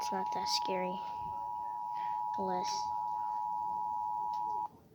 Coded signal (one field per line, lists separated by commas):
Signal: Emergency Alert System (SAME) tones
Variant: 853 and 960 Hz attention tone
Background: speech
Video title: Reacting eas alarms (im finaly back)